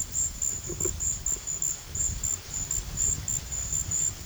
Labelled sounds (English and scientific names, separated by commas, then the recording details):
none
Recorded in pastures near Puerto Asís, Putumayo, Colombia, on 24 March 2025 at 15:00
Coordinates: 0.487, -76.322
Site G077